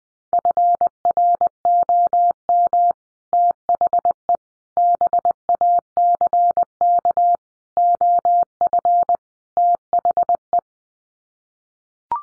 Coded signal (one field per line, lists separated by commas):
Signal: Morse code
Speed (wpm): 20 wpm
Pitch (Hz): 700 Hz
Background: none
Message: FROM THE BACK OF THE